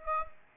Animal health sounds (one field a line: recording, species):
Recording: mosquito wingbeat signal from an infrared sensor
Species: Aedes aegypti